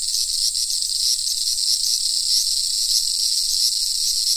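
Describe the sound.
Cicadas buzzing in a dense high chorus, with several brief louder swells.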